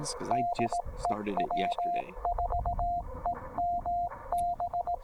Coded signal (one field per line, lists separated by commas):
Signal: Morse code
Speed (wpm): 18 wpm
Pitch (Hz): 700 Hz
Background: speech, radio noise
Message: DE W4EMB